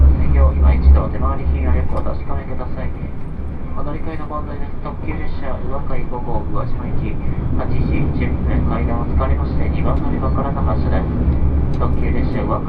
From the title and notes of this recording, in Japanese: 鉄道旅 予讃線特急いしづち101号 今治→松山。列車はアンパンマン編成の5両で4両が自由席になります。意外と学生が通学で利用するので混雑しています。停車駅は伊予北条のみで35分くらいノンストップになります。